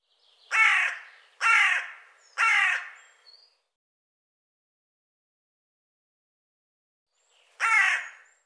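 Bird calling with harsh, hoarse caws, three in quick succession about a second apart, then silence, and a single caw near the end.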